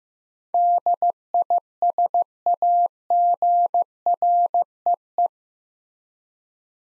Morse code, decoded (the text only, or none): DISAGREE